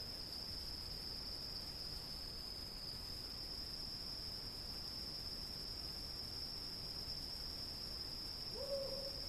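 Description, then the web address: Cricket giving a steady, unbroken high-pitched trill throughout, with a brief low hooting note near the end. "сверчки"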